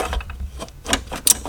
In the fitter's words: onto the turbo and let's listen for that click there